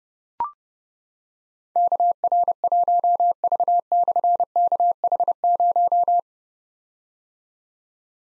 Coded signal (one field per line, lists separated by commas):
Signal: Morse code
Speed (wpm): 30 wpm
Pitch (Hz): 700 Hz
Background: none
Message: KR1V/KH0